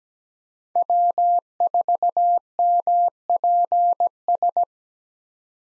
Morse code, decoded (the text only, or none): W4MPS